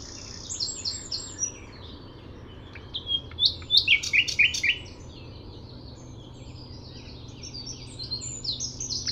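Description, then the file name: Common nightingale singing a varied song of high whistles, rapid chirping trills and buzzy notes, with louder bursts in the middle and softer phrases after. "Luscinia megarhynchos"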